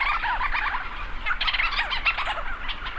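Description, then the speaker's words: Leach's storm petrels calling: many overlapping chattering notes from numerous birds, over a low rumble. Thousands circling overhead at night, swooping and calling, on Great Island off Newfoundland, North Atlantic Ocean. "storm petrels circle overhead, swooping and calling into the night. Lang Elliott captured these sounds."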